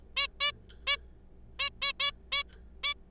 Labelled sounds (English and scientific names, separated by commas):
Zebra Finch (Taeniopygia guttata)